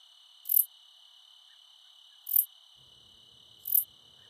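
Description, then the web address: Treetop Bush Katydid song, short high-pitched buzzy bursts repeated three times at irregular intervals, with a constant shrill insect drone running underneath. "Songs of Insects. Treetop Bush Katydid"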